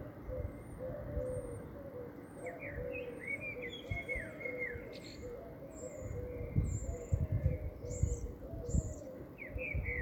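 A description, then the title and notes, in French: A garden in the morning, full of birds: a dove coos steadily low throughout while smaller birds trill and chirp brightly above it. A low rumble runs underneath, with a few soft thuds and knocks in the second half. Côté jardin, à 8 heures du matin. Chloé tend l'oreille le matin du 1er avril, dans le jardin de sa maison rue des Bois Blancs.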